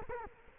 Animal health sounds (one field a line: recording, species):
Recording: mosquito wingbeat signal from an infrared sensor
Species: Culex quinquefasciatus